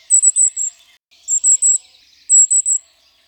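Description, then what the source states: Golden-crowned kinglet calls, very high, thin notes in quick groups of three or four, each group repeated about once a second. Calls given almost constantly while moving through trees; described as endlessly repeated triplets of fast little notes, very high-pitched and inaudible to many listeners.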